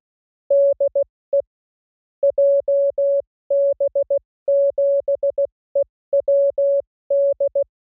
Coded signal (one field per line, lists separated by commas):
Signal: Morse code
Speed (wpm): 16 wpm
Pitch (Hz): 560 Hz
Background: music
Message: DE JB7EWD